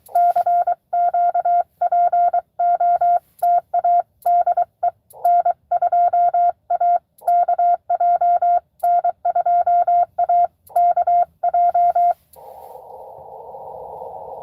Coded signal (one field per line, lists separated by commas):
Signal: Morse code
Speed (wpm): 23 wpm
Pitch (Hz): 700 Hz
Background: none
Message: CQ POTA DE N2AKJ N2AKJ